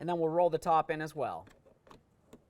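A plastic trap door access panel is being fitted into the door trim panel of a 2009-2020 Dodge Journey during a door handle replacement: it is hooked in at the bottom first, and the top is about to be rolled in. Someone talks, then faint handling ticks follow as the panel is moved. Nothing has seated or clicked yet.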